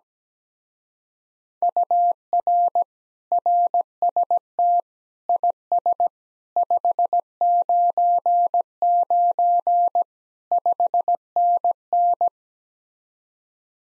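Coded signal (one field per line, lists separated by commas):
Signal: Morse code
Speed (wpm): 17 wpm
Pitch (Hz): 700 Hz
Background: none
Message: UR RST IS 599 5NN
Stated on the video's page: Morse speed-racing practice of common QSO phrases, starting at 1.5 times the 17 wpm base speed, slowing down, with a final repeat at maximum speed.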